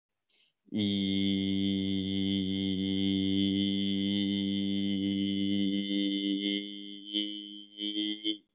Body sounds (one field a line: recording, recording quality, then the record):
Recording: sustained vowel as in beet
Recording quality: excellent, no background noise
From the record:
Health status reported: COVID-19 positive, mild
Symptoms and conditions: fever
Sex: male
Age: 40 years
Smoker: not ticked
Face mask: not worn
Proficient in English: no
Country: India